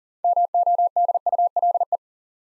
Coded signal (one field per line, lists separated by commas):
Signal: Morse code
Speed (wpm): 38 wpm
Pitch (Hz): 700 Hz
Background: none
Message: MODULE